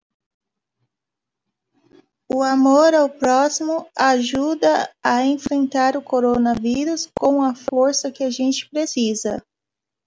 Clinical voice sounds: spoken sentence; Brazilian Portuguese; female; 30 to 39 years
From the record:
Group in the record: control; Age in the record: 36 years

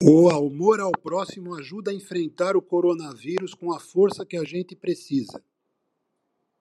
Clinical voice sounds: spoken sentence; Brazilian Portuguese; male; 60 to 69 years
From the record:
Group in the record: control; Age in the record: 65 years

